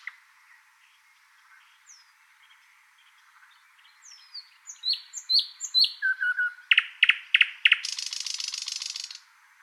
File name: British Library - Thrush Nightingale Luscinia luscinia